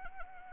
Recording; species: mosquito wingbeat signal from an infrared sensor; Anopheles arabiensis